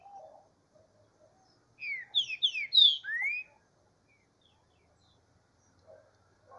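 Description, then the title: Green-winged saltator song: one quick phrase of sharp, downslurred whistles ending in a longer rising note, with soft low chirps before and after. Bird warming up in the bush. "Canto De Trinca Ferro. Esquentando trinca-ferro no mato"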